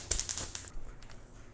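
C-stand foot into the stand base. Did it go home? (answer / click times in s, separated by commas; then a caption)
yes / 0.1 s. A metal foot piece is fitted into the base of a NEEWER C Stand PRO and locks in place with a sharp click at 0.1 s. A few more quick metallic clicks and taps follow over the next half second before it settles into quiet.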